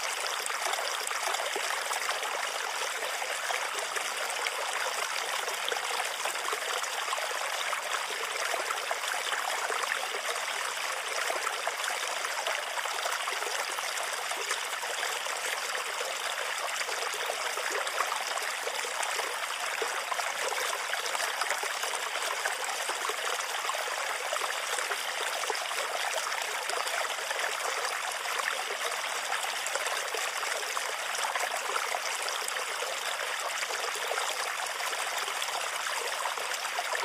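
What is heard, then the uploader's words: A bamboo water fountain trickles steadily, a dense, bright splashing that holds an even level throughout with little low sound beneath. Sleep Sounds Bamboo Water Fountain.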